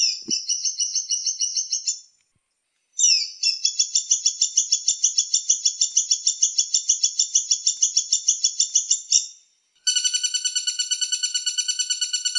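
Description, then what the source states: Woodpecker calls, long fast dry rattles of high notes repeated steadily, broken by brief gaps, ending with a rasping, evenly pulsed buzzy trill. Common Flameback (pelatuk bawang) together with a pygmy woodpecker (caladi).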